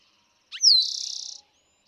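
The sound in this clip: Eastern towhee song: a brief note and a sharp downslurred whistle, then a fast buzzy trill.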